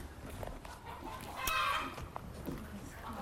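A rooster lets out one short, strained crow, rising and then breaking off, over a steady hiss of background noise with a few faint clucks around it.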